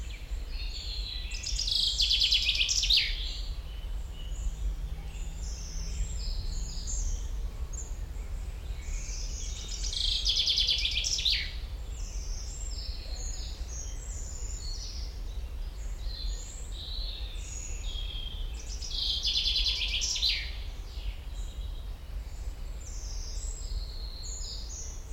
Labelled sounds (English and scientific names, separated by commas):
Common Chaffinch (Fringilla coelebs)